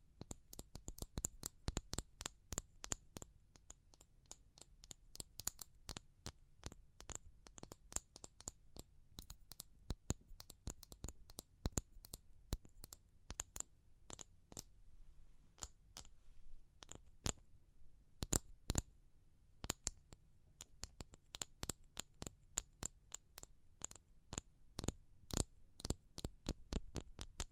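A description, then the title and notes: Sharp, bright taps come in uneven runs, sometimes fast and clustered, sometimes spaced out with short pauses, including a brief gap around eighteen seconds. Each tap is a crisp click over a soft, low steady hum underneath. ASMR Pure Tapping Fast and Slow (No Talking).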